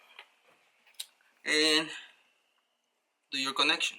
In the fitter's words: make sure that you put it in place until it clicks so the cables don't go out